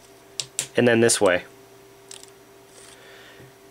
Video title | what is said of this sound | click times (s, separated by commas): Replacement Keyboard Key Gateway Repair Guide | you hear the clip snap into place test it for functionality | 0.4 s, 0.6 s